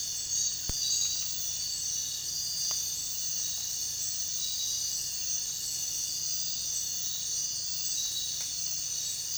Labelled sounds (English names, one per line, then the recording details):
none
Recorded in dense forest near Puerto Asís, Putumayo, Colombia, on 29 June 2025 at 04:00
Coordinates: 0.466, -76.327
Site GP04